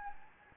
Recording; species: mosquito wingbeat signal from an infrared sensor; Anopheles gambiae